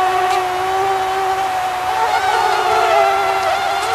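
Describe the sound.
Mosquito buzz, a continuous high whining drone with a slight wobble in pitch, steady and loud for the whole four seconds.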